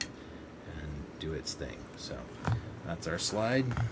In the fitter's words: just do that and it'll snap into place